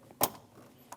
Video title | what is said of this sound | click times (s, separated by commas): How to Replace AC Condenser Receiver Dryer 2016 Scion iA | and get it installed. Push until you hear a click. | 0.2 s